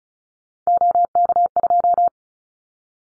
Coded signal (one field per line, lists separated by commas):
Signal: Morse code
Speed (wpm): 34 wpm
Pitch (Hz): 700 Hz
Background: none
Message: OK2